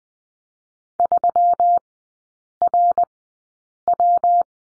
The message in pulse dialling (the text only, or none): none